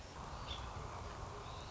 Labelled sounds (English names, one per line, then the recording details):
American Robin
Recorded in Sonoma County, California